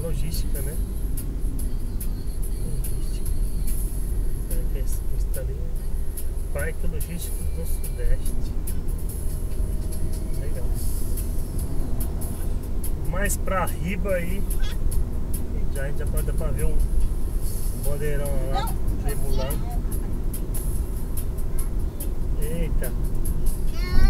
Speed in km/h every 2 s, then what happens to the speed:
42, 43, 45, 49, 53, 57, 61, 63, 64, 64, 65, 65.
0-12 speeds up to 61. 12-24 steady at about 64.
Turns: none.